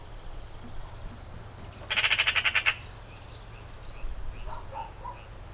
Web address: Ocells Cultura Urraca común